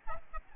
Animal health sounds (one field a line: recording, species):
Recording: mosquito wingbeat signal from an infrared sensor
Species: Aedes albopictus